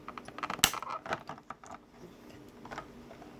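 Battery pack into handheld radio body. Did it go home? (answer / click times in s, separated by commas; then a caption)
yes / 0.6 s. A battery pack is fitted onto the back of a BaoFeng UV-5R handheld two-way radio, with its feet lined up first and then the back pushed down rather than forced. Light plastic ticks and rattles lead to a sharp plastic click at 0.6 s, followed by softer handling clicks. The battery is seated in the radio body with a perfect seal.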